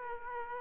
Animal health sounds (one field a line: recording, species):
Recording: mosquito wingbeat signal from an infrared sensor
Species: Aedes aegypti